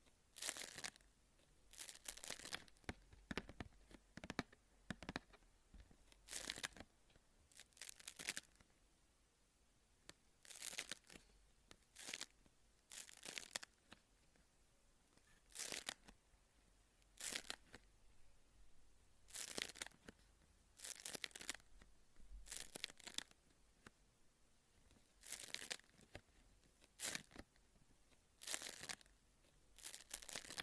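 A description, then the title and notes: Wax paper is crinkled and crumpled in irregular bursts of sharp, bright crackling. The rustles come every second or two across the whole half minute, some brief, some drawn out, with short quiet gaps between. Wax Paper Soothing ASMR (No Talking).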